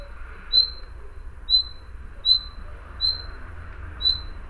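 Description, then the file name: Common nightingale giving short, clear whistles, five in a row at roughly one-second intervals, over a quiet low rumble. "Luscinia megarhynchos"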